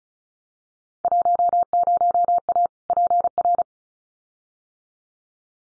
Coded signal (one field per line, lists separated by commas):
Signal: Morse code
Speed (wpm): 36 wpm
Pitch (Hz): 700 Hz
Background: none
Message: 10A PR